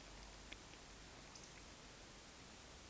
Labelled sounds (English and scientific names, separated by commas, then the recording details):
Eurasian Woodcock (Scolopax rusticola) whistle, Eurasian Woodcock (Scolopax rusticola) croak
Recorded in Baden-Württemberg, Germany, on 11 June 2021 at 20:25 UTC
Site 24606, 635 m above sea level